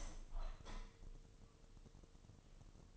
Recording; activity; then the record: daily activity, microphone in the room; open window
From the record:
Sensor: 4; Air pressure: 1000.7 hPa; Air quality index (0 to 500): 243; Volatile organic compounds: 41 ppm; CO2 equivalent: 3160 ppm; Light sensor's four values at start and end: 9/20/8/7 and 9/20/8/8